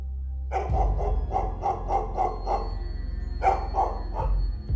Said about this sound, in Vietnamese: Loáng thoáng nghe có tiếng một con chó nó sủa ông ổng.